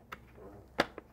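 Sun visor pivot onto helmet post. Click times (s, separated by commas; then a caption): 0.8 s. The other side of the sun visor on a Caberg Droid motorcycle helmet is located on its plastic pivot post and pushed home. A loud, sharp click at 0.8 s shows it seating onto the post, with fainter ticks just before and after. The visor's second side is now seated.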